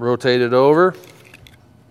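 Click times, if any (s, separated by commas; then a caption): 1.3 s, 1.5 s. Someone talks briefly as a plastic diverter is rotated over and snapped back onto the molded body of a trolling diver. Several quick plastic clicks follow at about 1.3, 1.3 and 1.5 seconds, and the diverter locks in place.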